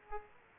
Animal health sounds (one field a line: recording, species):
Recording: mosquito wingbeat signal from an infrared sensor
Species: Aedes aegypti